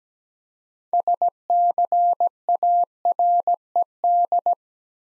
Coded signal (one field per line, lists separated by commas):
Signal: Morse code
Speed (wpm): 17 wpm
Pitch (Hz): 700 Hz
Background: none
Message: SCARED